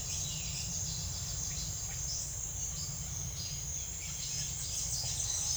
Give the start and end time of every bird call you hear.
[0.00, 0.91] bird call
[3.63, 5.56] bird call

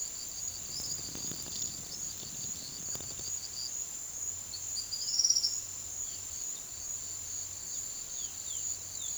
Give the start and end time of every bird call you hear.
[0.00, 3.79] bird call
[4.48, 5.61] bird call
[8.06, 9.17] bird call

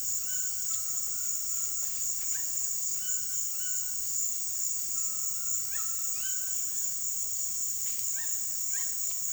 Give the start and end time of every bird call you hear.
[0.00, 4.05] bird call
[5.39, 9.32] bird call

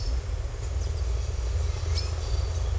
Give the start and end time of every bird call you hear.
[0.00, 2.79] bird call

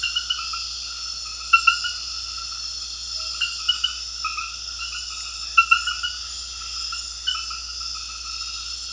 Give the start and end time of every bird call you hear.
[3.11, 3.36] bird call

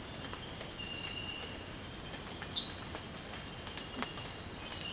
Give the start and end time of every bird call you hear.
[2.54, 2.73] bird call

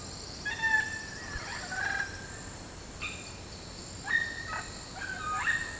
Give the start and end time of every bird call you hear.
[0.00, 2.22] bird call
[2.90, 3.40] bird call
[4.02, 5.80] bird call

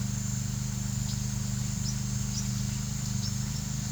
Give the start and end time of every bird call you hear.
[0.84, 3.74] bird call

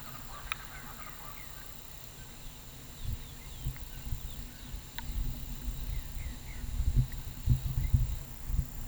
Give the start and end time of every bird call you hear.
[0.00, 1.87] bird call

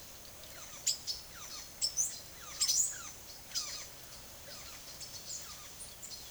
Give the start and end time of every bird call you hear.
[0.00, 6.31] bird call

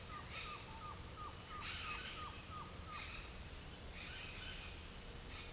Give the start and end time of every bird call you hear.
[0.00, 3.08] bird call

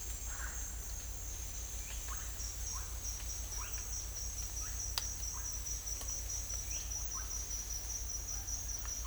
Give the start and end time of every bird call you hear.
[0.23, 0.51] bird call
[2.08, 2.26] bird call
[2.70, 2.87] bird call
[3.56, 3.79] bird call
[4.57, 4.75] bird call
[5.28, 5.49] bird call
[7.10, 7.32] bird call

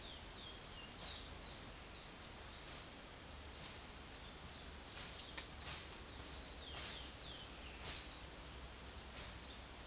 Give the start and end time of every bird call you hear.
[0.00, 8.05] bird call

